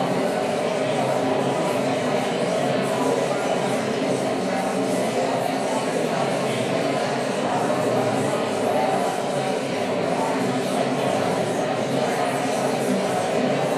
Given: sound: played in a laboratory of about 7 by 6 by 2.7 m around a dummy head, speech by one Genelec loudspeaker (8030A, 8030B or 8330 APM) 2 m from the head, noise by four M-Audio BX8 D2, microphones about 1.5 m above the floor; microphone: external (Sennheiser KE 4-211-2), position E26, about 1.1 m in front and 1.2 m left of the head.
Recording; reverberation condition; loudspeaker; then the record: babble noise; high; four, about 170 cm from the corners of the room and facing them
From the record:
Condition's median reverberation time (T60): about 1300 ms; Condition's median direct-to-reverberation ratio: about -4.0 dB